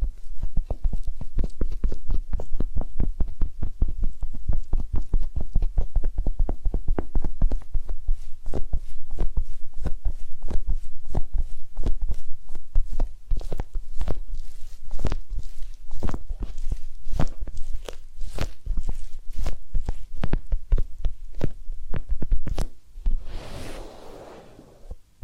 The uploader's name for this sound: Massage, Ear Cleaning and Spa